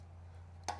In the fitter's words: You'll feel it and hear it click in.